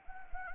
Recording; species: mosquito wingbeat signal from an infrared sensor; Anopheles gambiae